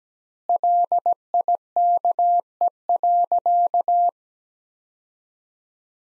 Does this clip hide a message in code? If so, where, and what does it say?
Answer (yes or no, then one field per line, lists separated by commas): yes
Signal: Morse code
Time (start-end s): 0.5-4.1 s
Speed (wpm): 17 wpm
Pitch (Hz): 700 Hz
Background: none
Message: LIKE.